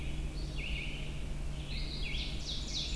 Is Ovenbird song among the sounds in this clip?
yes